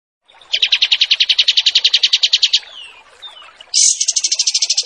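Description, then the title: Pied triller trilling: a rapid run of evenly spaced notes for two seconds, faint soft sounds, then a higher trill starting abruptly. Wild bird; master training recording. "Masteran Kapas Tembak Liar"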